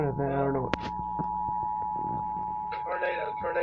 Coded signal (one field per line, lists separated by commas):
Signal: Emergency Alert System (SAME) tones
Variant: 853 and 960 Hz attention tone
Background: speech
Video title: Tornado Watch EAS 7